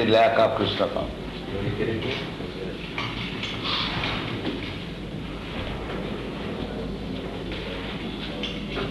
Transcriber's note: background talking as people move about